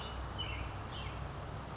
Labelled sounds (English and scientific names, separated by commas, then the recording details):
California Towhee (Melozone crissalis)
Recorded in Sonoma County, California